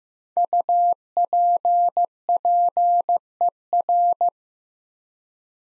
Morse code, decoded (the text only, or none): UPPER